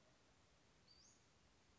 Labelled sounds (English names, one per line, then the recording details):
Western Flycatcher
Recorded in Sonoma County, California